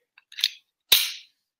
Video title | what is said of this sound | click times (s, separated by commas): Live Demonstration of Little Frog Buckle Baby Carrier SSC | it's got that click that drives some people crazy, but it's really important. | 0.4 s, 0.9 s